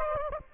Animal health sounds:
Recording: mosquito wingbeat signal from an infrared sensor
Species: Aedes aegypti

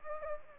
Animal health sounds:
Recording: mosquito wingbeat signal from an infrared sensor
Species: Anopheles gambiae

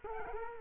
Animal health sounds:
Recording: mosquito wingbeat signal from an infrared sensor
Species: Culex quinquefasciatus

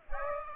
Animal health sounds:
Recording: mosquito wingbeat signal from an infrared sensor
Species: Aedes aegypti

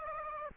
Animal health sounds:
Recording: mosquito wingbeat signal from an infrared sensor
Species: Aedes aegypti

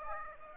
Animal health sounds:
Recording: mosquito wingbeat signal from an infrared sensor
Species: Aedes aegypti

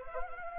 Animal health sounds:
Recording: mosquito wingbeat signal from an infrared sensor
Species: Anopheles gambiae

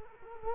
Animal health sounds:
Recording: mosquito wingbeat signal from an infrared sensor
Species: Culex quinquefasciatus

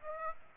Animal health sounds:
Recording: mosquito wingbeat signal from an infrared sensor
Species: Aedes aegypti

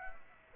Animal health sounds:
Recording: mosquito wingbeat signal from an infrared sensor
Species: Aedes aegypti

